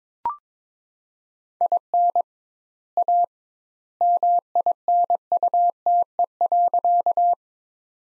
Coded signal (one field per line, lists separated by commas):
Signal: Morse code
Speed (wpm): 22 wpm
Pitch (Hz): 700 Hz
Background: none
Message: IN A MINUTE.